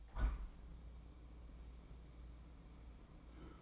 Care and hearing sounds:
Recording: daily activity, microphone in the room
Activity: open window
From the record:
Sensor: 1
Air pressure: 1012.4 hPa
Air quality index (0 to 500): 168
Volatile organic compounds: 3 ppm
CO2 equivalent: 1366 ppm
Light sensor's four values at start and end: 155/346/154/162 and 155/350/154/163

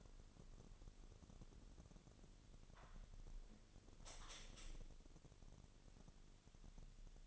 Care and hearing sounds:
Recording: daily activity, microphone in the room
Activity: close window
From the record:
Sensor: 4

